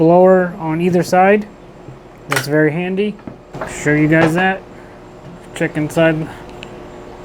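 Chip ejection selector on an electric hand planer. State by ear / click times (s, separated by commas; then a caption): seated / 6.6 s. A person talks while flipping the chip-ejection selector on a Wen Model 6534 4-3/8 inch electric hand planer, switching it so chips blow out the right side. After the talking stops, a single sharp click at 6.6 s marks the selector seating into its detent position.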